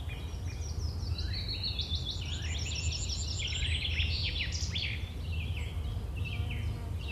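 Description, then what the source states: Birds chirping busily, overlapping high twitters, slurred notes and rapid trills almost throughout, over a steady low rumble. Birds chirping on a field with a farm nearby.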